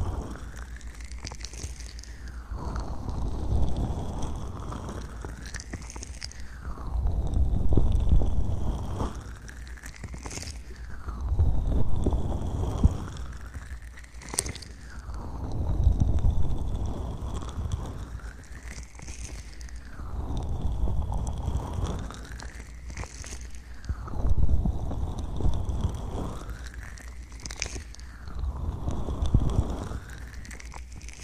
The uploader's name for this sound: Ear Massage Trigger